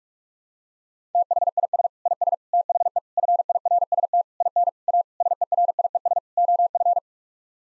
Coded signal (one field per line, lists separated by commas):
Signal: Morse code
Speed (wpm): 46 wpm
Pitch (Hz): 700 Hz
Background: none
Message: THIS IS THE FIRST IN A SERIES OF